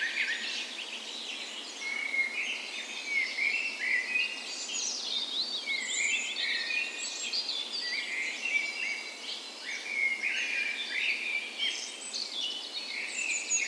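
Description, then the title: Birdsong chorus with dense overlapping warbles, twitters and short trills, a few high thin notes standing out, evenly busy throughout. Dawn chorus on the morning of 17 May, Norway's National Day, in spring, in a park west in Bergen, Norway; recorded with Sony PCM A10 and LOM Usi microphones as tree ears. "17th Of May Dawn Chorus"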